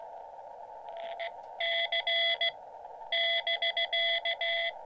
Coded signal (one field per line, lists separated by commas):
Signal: Morse code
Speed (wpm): 16 wpm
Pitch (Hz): 2000 Hz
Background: none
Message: C <BK>